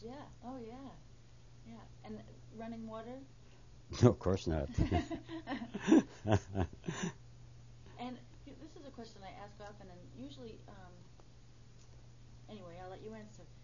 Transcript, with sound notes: Yeah. Oh, yeah. Yeah. And running water?
No, of course not. (They laugh.)
And, this is a question I ask often, and usually, uh, anyway, I'll let you answer.